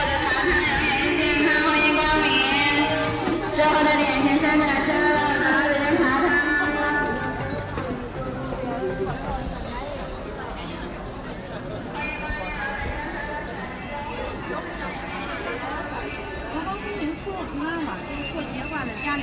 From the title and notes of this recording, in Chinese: 声音来自南锣鼓巷。南锣鼓巷是一条胡同，位于北京中轴线东侧的交道口地区。